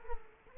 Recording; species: mosquito wingbeat signal from an infrared sensor; Culex quinquefasciatus